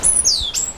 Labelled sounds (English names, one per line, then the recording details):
Stitchbird song
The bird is a male
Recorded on Tiritiri Matangi Island, New Zealand, in 2005
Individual 9, of nest box 11